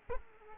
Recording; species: mosquito wingbeat signal from an infrared sensor; Aedes aegypti